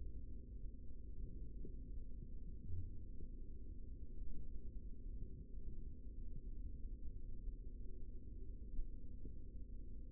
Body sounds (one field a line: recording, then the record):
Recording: forearm muscle sounds (acoustic myography)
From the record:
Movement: rest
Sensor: system 3, bracelet of six PUI Audio POM-2738L microphones around the upper forearm, with dedicated amplification and filtering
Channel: 4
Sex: male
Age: 55 years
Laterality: right